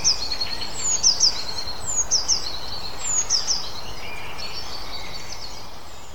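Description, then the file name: Eurasian blue tit, thin, high, sharply falling notes given in short groups about once a second over steady low rumbling noise. "Cyanistes caeruleus"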